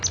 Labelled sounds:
Palm Warbler flight call

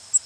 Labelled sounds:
Cape May Warbler flight call

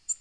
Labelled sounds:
Black-throated Green Warbler flight call

